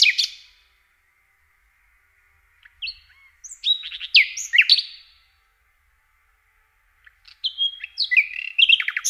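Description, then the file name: Common nightingale song in scattered short phrases of sharp chirps and slurred whistles, with silent gaps between them. "Slowik rdzawy"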